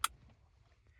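A 4D Tech add-on module's harness plug is pushed into the factory vehicle connector at the back of an opening in a 2024–2026 Lexus TX, installed to disable the auto start/stop feature. A single sharp, bright click at 0.0 seconds marks the connector seating, followed by only a faint low rumble for the rest of the second. The connector clicks into place.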